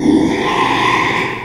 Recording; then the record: squeal of a Yucatan mini pig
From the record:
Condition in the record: after surgery on the right vocal fold (resection and tissue-engineered implant); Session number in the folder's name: 1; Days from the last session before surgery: 6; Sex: male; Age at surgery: 12 weeks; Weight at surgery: 13 kg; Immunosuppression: cyclosporine, prednisolone